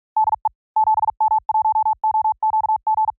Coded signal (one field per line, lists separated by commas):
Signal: Morse code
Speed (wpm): 44 wpm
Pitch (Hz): 870 Hz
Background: none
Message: DE 7M1OQG